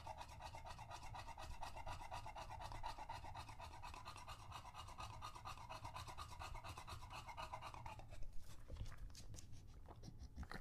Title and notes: English Bulldog Drinks from Water Bowl - Weird Sounds. listen to Lucho the English Bulldog as he tries to drink water after a long walk. Don't let his heavy breathing fool you in between drinks